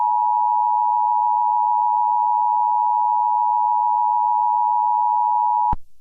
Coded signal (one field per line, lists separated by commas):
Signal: Emergency Alert System (SAME) tones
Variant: 853 and 960 Hz attention tone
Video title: EAS Scenario #85: Stay Awake!!!!